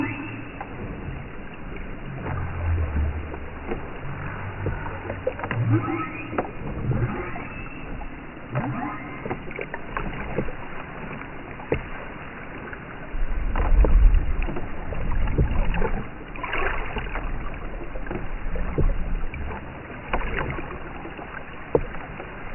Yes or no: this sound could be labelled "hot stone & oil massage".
no